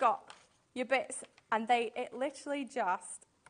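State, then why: Not seated. A craft kit piece is handled as it is fitted into its frame or base, while someone talks throughout. The clip ends before the piece goes home, so nothing has seated or clicked yet.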